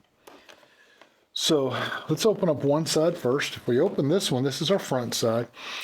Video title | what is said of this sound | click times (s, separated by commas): The Ultimate Battery Organizer: Battery Daddy Puts Others to Shame! | print of your thumb, so you can push them in just like that, and you'll hear it snap. | 0.3 s, 0.5 s